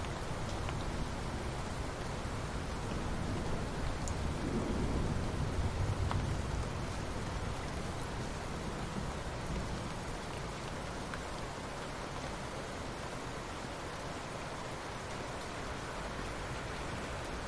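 Steady rain falls at night, a dense, even hiss filling the clip with scattered sharper drop ticks. Around four to six seconds a soft low rumble swells and fades, like thunder, before the rain settles back to a constant wash.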